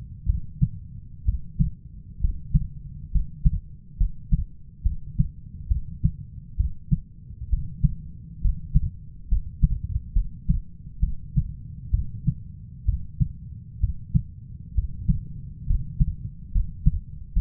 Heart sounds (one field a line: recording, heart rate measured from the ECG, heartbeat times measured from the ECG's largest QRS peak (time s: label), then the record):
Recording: heart sounds by stethoscope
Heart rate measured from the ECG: 67 bpm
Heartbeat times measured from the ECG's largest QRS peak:
0.26 s: heartbeat
1.25 s: heartbeat
2.20 s: heartbeat
3.11 s: heartbeat
3.97 s: heartbeat
4.83 s: heartbeat
5.68 s: heartbeat
6.56 s: heartbeat
7.49 s: heartbeat
8.41 s: heartbeat
9.28 s: heartbeat
10.13 s: heartbeat
11.00 s: heartbeat
11.91 s: heartbeat
12.85 s: heartbeat
13.80 s: heartbeat
14.74 s: heartbeat
15.66 s: heartbeat
16.52 s: heartbeat
17.33 s: heartbeat
From the record:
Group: healthy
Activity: rest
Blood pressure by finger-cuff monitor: 136/69 mmHg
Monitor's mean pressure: 88 mmHg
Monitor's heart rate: 65 bpm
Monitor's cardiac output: 5.9 L/min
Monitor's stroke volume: 90 mL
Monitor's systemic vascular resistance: 1110 dyn s/cm5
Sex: female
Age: 37 years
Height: 168 cm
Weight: 70 kg